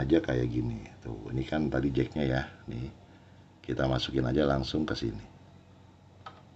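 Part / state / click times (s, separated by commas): BNC cable jack into DVR video input port / seated / 6.3 s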